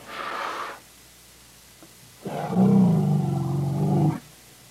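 Elephant sounds, a short breathy higher blast followed by a deep, steady, throbbing rumble lasting about two seconds.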